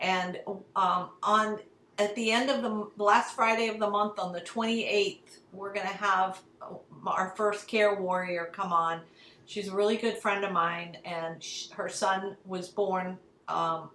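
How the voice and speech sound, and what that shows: A woman speaks fluently in a relaxed, conversational tone, with a medium pitch, clear voice and natural pauses with occasional fillers like "um" and "uh". She announces an upcoming guest. Her speech sounds ordinary, with no voice or speech disorder.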